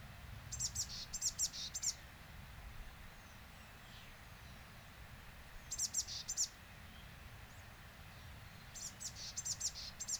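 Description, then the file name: Eurasian blue tit calls: faint, thin, high buzzy notes in three short bursts of quick repeated units, over a steady low rumble of background noise. "Cyanistes caeruleus"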